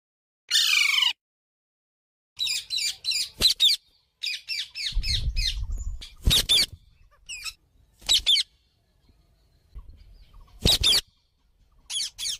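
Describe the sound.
Bird calls: a sweeping descending screech, then series of raspy high squawks in clusters separated by pauses, with a low rumble partway through.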